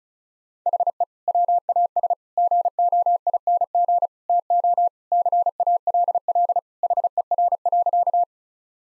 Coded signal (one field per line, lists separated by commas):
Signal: Morse code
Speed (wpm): 36 wpm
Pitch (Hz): 700 Hz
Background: none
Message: HE WAS GOING TO CALL HER.